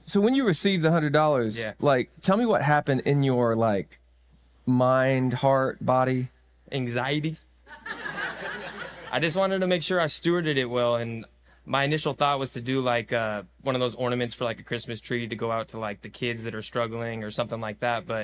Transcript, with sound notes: So, when you received the $100, like tell me what happened in your like mind, heart, body anxiety. [laughter] I just wanted to make sure I stewarded it well. And my initial thought was to do like uh one of those ornaments for like a Christmas tree to go out to like the kids that are struggling or something like that.